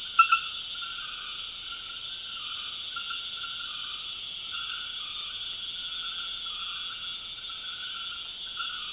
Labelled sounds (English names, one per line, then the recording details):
none
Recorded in dense forest near Puerto Asís, Putumayo, Colombia, on 4 March 2025 at 22:30
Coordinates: 0.481, -76.323
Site G088